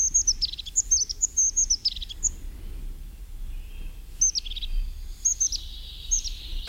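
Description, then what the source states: Crested Tit song: very high, thin notes in quick twittering bursts with short trills, a pause, then more high notes. Small groups, solitary birds or pairs met at two or three places along a path.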